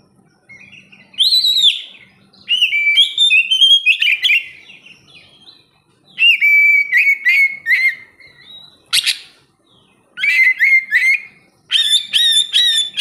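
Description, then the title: Oriental magpie-robin song of varied whistles, rising sweeps and rapid chattering notes, repeated in several loud bursts with brief silences between. "kacer"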